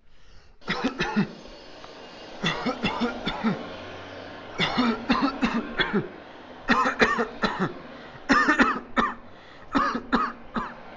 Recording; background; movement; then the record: voluntary coughing; traffic; sitting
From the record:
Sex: male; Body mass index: 21.0 kg/m2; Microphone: on the chest, facing outward